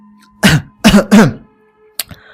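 Dry, throaty coughs come in a quick burst of three harsh bursts, fairly loud and with no talking, followed after a short pause by a sharp click.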